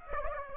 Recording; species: mosquito wingbeat signal from an infrared sensor; Aedes aegypti